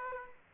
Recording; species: mosquito wingbeat signal from an infrared sensor; Aedes aegypti